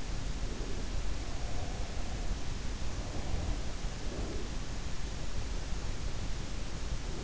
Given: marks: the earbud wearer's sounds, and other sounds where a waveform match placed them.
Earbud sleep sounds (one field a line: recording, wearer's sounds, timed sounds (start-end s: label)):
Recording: sounds in sleep by an in-ear microphone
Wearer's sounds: breath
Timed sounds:
0.33-2.37 s: breath
3.02-4.86 s: breath